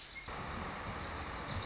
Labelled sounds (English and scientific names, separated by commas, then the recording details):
Wilson's Warbler (Cardellina pusilla)
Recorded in Sonoma County, California